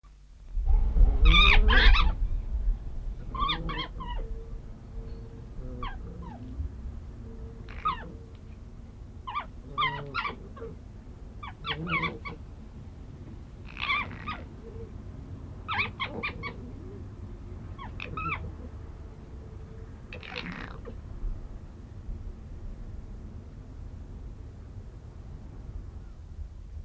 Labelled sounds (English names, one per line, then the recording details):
Corsac Fox
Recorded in captivity
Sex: pair
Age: adult
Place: Zoo Halle, Sachsen-Anhalt, DE
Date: 1977-09-06 16:05
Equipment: Nagra SN, Kopie Uher Variocord
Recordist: Tembrock, Günter